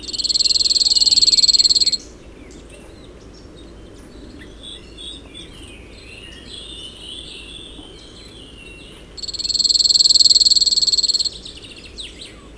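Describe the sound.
Cirl bunting singing two flat, rapid, metallic trills of about two seconds each, roughly seven seconds apart, with a quiet gap and soft background hiss between them.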